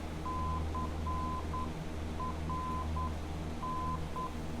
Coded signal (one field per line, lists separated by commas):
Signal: Morse code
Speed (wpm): 9 wpm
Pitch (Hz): 1020 Hz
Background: none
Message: CRN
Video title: Top Gun NDB Precision — Master the ADF Needle